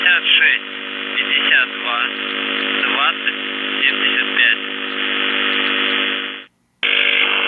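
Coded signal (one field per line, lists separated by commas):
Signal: numbers station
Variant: UVB-76, Russian voice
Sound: a male voice reading words over a steady radio hum, then a brief dropout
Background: radio static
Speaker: there were four Russian doomsday messages transmitted on the Russian buzzer, which is one of Russia's primary nuclear war frequencies. So I want to play a sample of these messages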